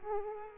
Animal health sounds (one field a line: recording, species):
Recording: mosquito wingbeat signal from an infrared sensor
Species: Aedes aegypti